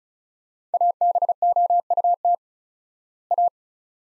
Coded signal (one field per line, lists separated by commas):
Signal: Morse code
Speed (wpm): 36 wpm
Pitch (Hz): 700 Hz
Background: none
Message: ABOUT A